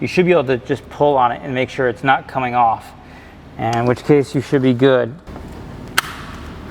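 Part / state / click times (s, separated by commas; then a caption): coolant hose quick connector onto water pump housing outlet / seated / 6.0 s. Someone talks, then a plastic coolant hose quick-connect fitting is pushed onto the spout of a new water pump/thermostat housing on an MK7. It gives one sharp, loud click at 6.0 s, and the connector is seated.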